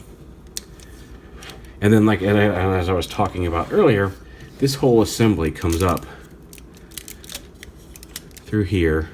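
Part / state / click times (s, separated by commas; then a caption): gun pods into the arm mounts of a transforming figure / seated / 0.6 s. The gun pods of a Bandai DX Chogokin Macross Delta VF-31J Siegfried, a die-cast and plastic transforming robot figure, are swung forward and pushed into their arm mounts. A sharp, loud click at 0.6 s marks them snapping into place. Someone then talks, and a run of small clicks and taps follows around 7.0–8.2 s as the figure is handled further.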